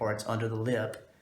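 A caregiver handles the plastic clamp on the IV tubing of a vascular access line, getting ready to press its flat part so it clicks shut and sits under the lip of the upper tongue. Someone talks throughout, and the sound fades toward the end. Nothing has clicked or seated yet.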